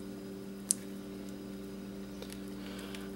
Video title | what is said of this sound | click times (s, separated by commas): DIY Get Liquid Damage out of LCD Screen Internal Cleaning GPS Garmin 55LM + Scrapping a GPS for Gold | completely snapped back into place go | 0.7 s